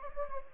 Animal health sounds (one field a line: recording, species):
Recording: mosquito wingbeat signal from an infrared sensor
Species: Anopheles gambiae